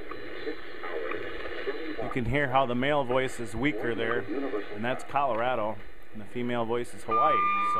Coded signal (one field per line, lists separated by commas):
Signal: radio time signal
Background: speech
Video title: WWV And WWVH Time Signals